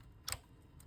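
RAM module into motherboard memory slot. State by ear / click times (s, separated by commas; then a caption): seated / 0.3 s. A RAM memory stick is pressed down into a motherboard DIMM memory slot until the retention clip snaps closed. A single sharp click is heard at 0.3 s against a quiet background. The module is seated in the slot.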